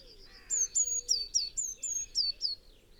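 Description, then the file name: Eurasian blue tit: after a short pause, a quick run of shrill high notes, level ones mixed with falling slurs, about four per second, over soft background noise. "Cyanistes caeruleus"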